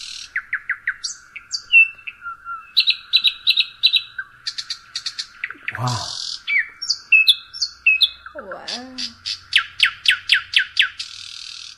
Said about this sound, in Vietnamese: Chim họa mi thì nó khác một tí xíu. Chim sơn ca, cái vẻ của nó nhìn nó giống giống của chim họa mi, nhưng mà nó thường hát ban ngày hơn. Còn chim họa mi thường hát ban đêm. Đây là tiếng chim họa mi nè.